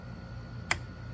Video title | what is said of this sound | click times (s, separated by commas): HOW TO UPGRADE YOUR RAM - BASIC TUTORIAL | there's the click | 0.7 s